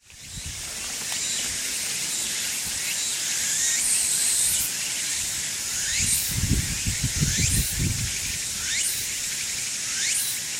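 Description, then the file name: Walker's cicada song: a dense high buzz with repeated rising sweeps, plus low rumbling noise partway through. "Meimuna opalifera"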